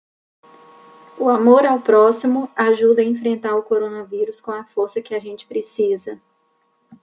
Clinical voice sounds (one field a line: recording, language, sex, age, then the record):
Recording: spoken sentence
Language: Brazilian Portuguese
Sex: female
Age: 20 to 29 years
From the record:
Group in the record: control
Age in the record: 29 years